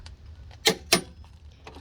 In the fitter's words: and there's our clicks